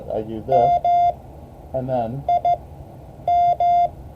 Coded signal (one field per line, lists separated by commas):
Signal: Morse code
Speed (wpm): 15 wpm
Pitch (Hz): 2100 Hz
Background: speech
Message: MIM